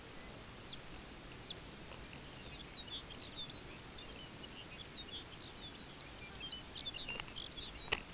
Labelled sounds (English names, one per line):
unidentified sound
Lapland Longspur